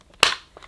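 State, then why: Seated. The filter and dust bin assembly is pushed onto the body of a Sebo Balance A1 cordless stick vacuum until it clicks home. A single sharp, loud click at 0.2 s rings briefly and fades, followed by a few faint soft ticks around 0.6 s. The assembly is seated.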